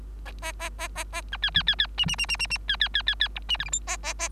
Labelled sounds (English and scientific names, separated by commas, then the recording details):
Bengalese Finch (Lonchura striata domestica) song
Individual Bird3